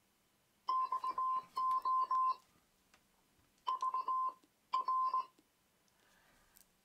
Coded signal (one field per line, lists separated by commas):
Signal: Morse code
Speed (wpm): 17 wpm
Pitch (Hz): 1040 Hz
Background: none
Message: XO VR